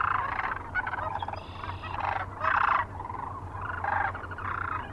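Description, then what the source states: Sandhill Crane flock, several loud rolling, purring calls in quick succession over a busy background chorus of other cranes. Recorded 9 March 2004 near Kearney, Nebraska.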